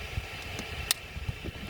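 A Deans-style battery connector from a 9S LiPo pack is pushed into the power lead of an SCX6 Goliath RC truck, over a steady background hum from its fans, which are already plugged in. At 0.9 s there is a sharp, bright pop as the capacitors charge on contact: a spark or inrush pop from the connector mating, not a latch click. The connector is confirmed plugged in and seated.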